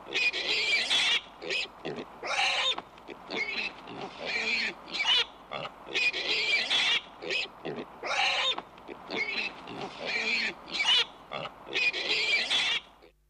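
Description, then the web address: Pig squealing shrilly, bursts of varying length tumbling one after another in uneven groups separated by short pauses. "Tiere Schwein"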